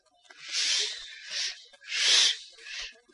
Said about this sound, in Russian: А это Рубанок, молодец.